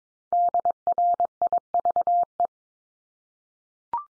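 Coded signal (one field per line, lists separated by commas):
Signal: Morse code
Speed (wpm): 22 wpm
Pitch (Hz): 700 Hz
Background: none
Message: DRIVE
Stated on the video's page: Top 500 English words at 22 wpm, each sent three times in Morse, then spoken, then sent again, for head-copy practice.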